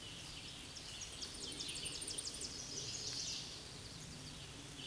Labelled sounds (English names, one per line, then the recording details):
Scarlet Tanager song
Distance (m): 25 m
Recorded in a Pennsylvania forest on 19 May 2023 at 09:19
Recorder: AudioMoth, point grid1_27_low
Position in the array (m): 143 m, 65 m